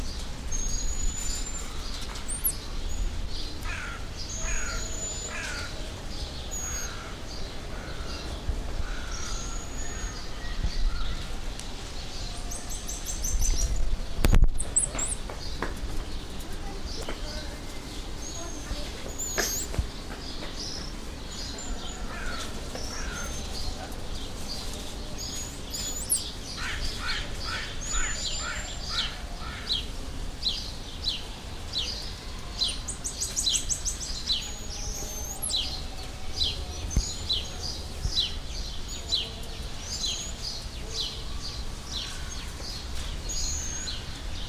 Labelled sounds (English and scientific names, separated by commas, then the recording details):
White-headed Marmoset (Callithrix geoffroyi) call
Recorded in captivity
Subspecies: leucocephala
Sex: group
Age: adult
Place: Zoo Berlin, Berlin, DE
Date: 1998-06-20 13:30
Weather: wolkig - heiter, 22°C
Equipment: Sony MD-WM MZ-R3, Sennheiser ME 80, Kopie Uher 4000 Report Monitor
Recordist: Tembrock, Günter